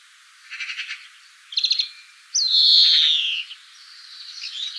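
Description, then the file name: European greenfinch: a soft rattle and a sharper trill, followed by a long, slightly falling wheezing buzz. "Chloris chloris"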